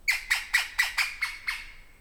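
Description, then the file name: Pallescens calling with a series of seven sharp, harsh squawks, evenly spaced about a quarter second apart and fading slightly toward the end. Recorded 15 September 2018 at 09:00. "Ppallescens 20180915 090000"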